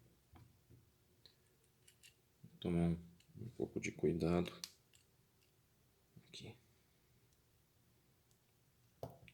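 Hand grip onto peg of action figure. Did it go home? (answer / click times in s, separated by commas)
yes / 9.0 s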